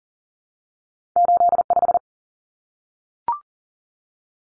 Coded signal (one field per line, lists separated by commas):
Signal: Morse code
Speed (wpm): 40 wpm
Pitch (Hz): 700 Hz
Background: none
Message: 85